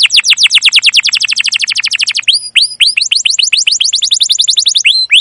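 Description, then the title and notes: Canary singing a quick series of sharp descending chips, then looping whistled notes alternating with rapid trills, with a faint low hum underneath. Canary song used as a lure (pancingan, masteran) to train young canaries to sing; described as gacor, long, emotional chirping. "CUIT CUIT NGEROL LANGSUNG GACOR PANJANG Kenari Ini AMPUH Utk Pancingan KENAR. PANCINGAN Kenari GACOR PANJANG Cuit CUIT EMOSI ini AMPUH utk MASTERAN Kenari PAUD belajar BUNYI. burung kenari"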